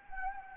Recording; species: mosquito wingbeat signal from an infrared sensor; Anopheles gambiae